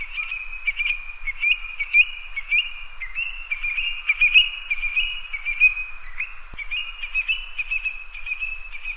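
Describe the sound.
Bird singing a continuous run of steady whistled notes with quick warbled accents, and one sharp click.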